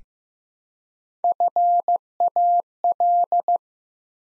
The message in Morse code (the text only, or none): FAL